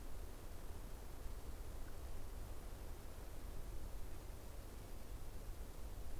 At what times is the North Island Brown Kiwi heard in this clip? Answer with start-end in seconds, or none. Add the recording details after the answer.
none. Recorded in New Zealand on 14 October 2015. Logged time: 20:29. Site BN6